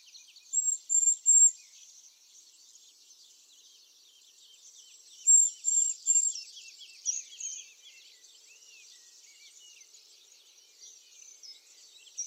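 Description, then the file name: Eurasian blue tit calls: short bursts of three or four very high, thin notes, repeated twice, above a constant hiss of other small birds and insects. "Cyanistes caeruleus"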